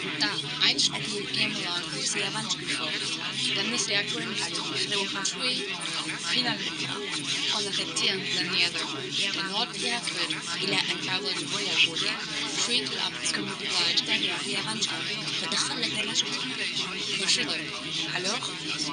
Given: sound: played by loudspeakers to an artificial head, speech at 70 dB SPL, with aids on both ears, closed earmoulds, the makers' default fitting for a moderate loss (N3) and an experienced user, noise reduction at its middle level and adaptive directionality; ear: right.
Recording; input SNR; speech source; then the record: speech test signal (ISTS) in cocktail-party noise; -6 dB; on the right (90 degrees)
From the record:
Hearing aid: class 2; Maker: A